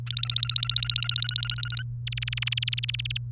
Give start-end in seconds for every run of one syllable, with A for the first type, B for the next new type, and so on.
0.06-1.82 A, 2.07-3.17 B